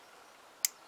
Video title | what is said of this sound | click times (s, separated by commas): Zontes Tiger 125 Finished, Maybe! | they click in, you can hear them click and you know they've locked in place then. | 0.7 s